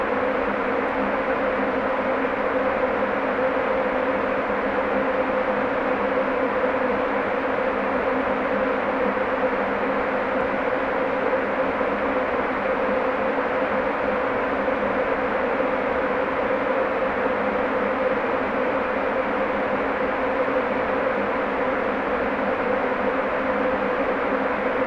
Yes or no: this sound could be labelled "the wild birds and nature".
no